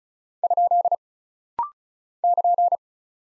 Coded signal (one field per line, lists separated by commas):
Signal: Morse code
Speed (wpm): 36 wpm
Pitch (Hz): 700 Hz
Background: none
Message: ? <KN>